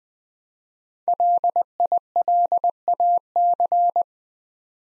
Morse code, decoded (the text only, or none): LILAC